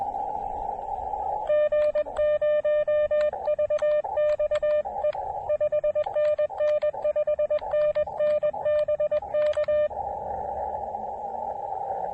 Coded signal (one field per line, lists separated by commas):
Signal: Morse code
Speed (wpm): 21 wpm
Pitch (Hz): 590 Hz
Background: radio noise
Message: G0VXE 5NN 5NN BK